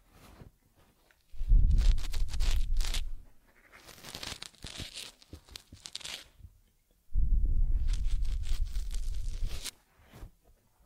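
Teddy gets a rough rubbing and brushing: two loud, scratchy bursts around two and eight seconds, with softer crinkly strokes between and brief silences.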